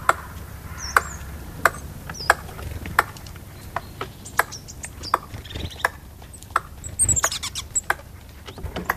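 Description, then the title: Eurasian red squirrel giving a steady series of sharp, dry clicks, with a brief burst of rapid clicking near the end and faint high chirps in the background. "Viikon luontoääni: Orava"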